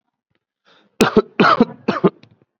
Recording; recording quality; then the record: shallow voluntary cough; excellent, no background noise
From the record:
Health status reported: COVID-19 positive, mild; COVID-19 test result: positive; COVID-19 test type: RT-PCR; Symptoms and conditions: cough, fever, fatigue, muscle pain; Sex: male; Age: 20 years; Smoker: no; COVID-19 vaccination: one dose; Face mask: worn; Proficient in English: yes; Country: India